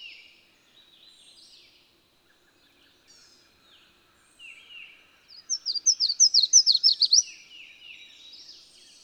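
Bird with scattered soft, high calls, then a sudden loud burst of many rapid, down-slurred notes, followed by quieter notes again.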